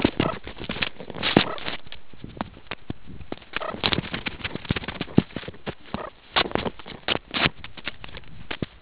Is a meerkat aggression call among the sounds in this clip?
no